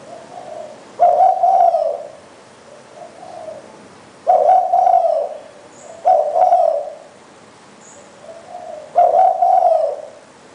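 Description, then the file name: Spotted Dove calling: a soft low note before each louder hollow coo, four phrases spaced unevenly over ten seconds. "นกเขาใหญ่"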